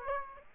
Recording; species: mosquito wingbeat signal from an infrared sensor; Aedes aegypti